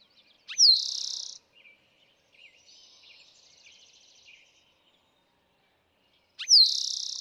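Eastern towhee delivers two song phrases, each a falling note leading into a dense rapid trill, separated by faint bird twitters.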